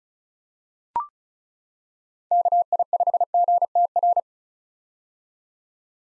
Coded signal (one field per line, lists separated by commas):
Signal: Morse code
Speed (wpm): 36 wpm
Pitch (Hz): 700 Hz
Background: none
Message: KI5GTR